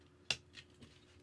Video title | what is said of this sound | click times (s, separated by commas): We Survived March 1st… Now We Finish the Collection LIVE | That was a good click. | 0.3 s